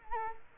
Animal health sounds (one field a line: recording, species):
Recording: mosquito wingbeat signal from an infrared sensor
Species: Culex quinquefasciatus